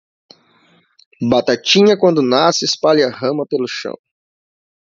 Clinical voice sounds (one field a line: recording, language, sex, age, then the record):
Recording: short text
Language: Brazilian Portuguese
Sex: male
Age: 20 to 29 years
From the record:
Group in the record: control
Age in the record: 28 years